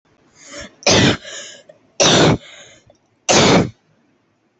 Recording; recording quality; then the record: heavy voluntary cough; moderate, slight background noise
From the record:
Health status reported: exposed to COVID-19, no respiratory illness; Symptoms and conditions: none ticked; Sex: female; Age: 24 years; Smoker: not ticked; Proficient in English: yes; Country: India